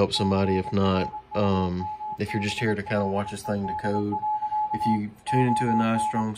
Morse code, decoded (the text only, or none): CRUMBLED. ON